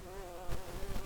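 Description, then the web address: Common carder bee buzzing: a steady, low, even-pitched hum with a few soft thumps partway through. Worker bees. "bumblebees Pascuorum-workers"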